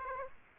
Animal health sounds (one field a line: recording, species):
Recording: mosquito wingbeat signal from an infrared sensor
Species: Aedes aegypti